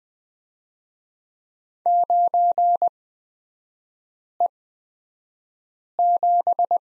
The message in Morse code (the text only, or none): 9E7